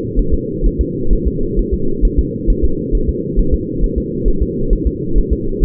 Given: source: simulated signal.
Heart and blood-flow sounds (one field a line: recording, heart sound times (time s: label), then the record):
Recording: fetal heart sounds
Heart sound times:
0.19 s: S1
0.34 s: S2
0.66 s: S1
0.81 s: S2
1.13 s: S1
1.27 s: S2
1.59 s: S1
1.74 s: S2
2.05 s: S1
2.19 s: S2
2.50 s: S1
2.65 s: S2
2.95 s: S1
3.09 s: S2
3.39 s: S1
3.54 s: S2
3.84 s: S1
3.98 s: S2
4.28 s: S1
4.43 s: S2
4.73 s: S1
4.87 s: S2
5.18 s: S1
5.33 s: S2
5.64 s: S1
From the record:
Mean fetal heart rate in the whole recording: 130 bpm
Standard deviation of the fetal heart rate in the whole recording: 2 bpm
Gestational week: 38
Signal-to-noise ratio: -8.1 dB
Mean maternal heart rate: 72 bpm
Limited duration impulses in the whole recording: absent